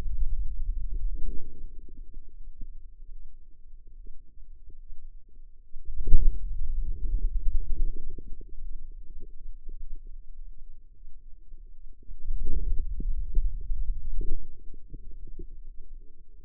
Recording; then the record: forearm muscle sounds (acoustic myography)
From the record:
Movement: hand closing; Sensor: system 2, bracelet of six BSWA MPA416 microphones around the upper forearm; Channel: 5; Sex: female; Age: 25 years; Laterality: right